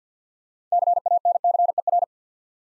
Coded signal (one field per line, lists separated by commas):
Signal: Morse code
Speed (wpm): 47 wpm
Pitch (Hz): 700 Hz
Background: none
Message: CANCER